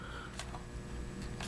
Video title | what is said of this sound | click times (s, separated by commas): USGI magazines | should just work right and there until you hear the click that part pops up and engages that that | 1.4 s